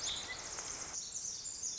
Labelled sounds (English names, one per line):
Pacific Wren